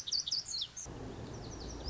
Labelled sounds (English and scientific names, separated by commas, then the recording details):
Lazuli Bunting (Passerina amoena)
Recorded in Sonoma County, California